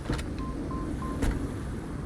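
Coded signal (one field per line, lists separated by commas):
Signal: none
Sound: game's computer beeps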